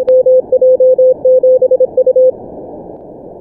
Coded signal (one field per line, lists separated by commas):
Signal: Morse code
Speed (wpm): 26 wpm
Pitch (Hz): 510 Hz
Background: none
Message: MJ7U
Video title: Good run 48q in 10 Min Morse Runner/Dxlog.net